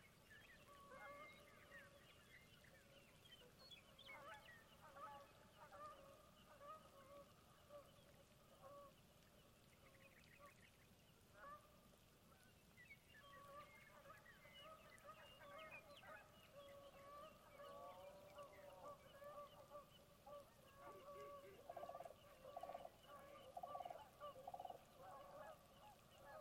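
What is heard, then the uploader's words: Waterfowl call steadily throughout, a dense chorus of honking geese and other birds layered over one another, with clusters of calls around 1 kHz and 550 Hz. A lull near ten to thirteen seconds gives way to louder, busier calling toward the end, over a constant low wash. Dusk falls on my second night at Conboy Lake National Wildlife Refuge in Glenwood, WA. This time of year the sound of trickling water is omnipresent as the shallow valley fills with still water. Many different kinds of waterfowl, songbirds, and cranes.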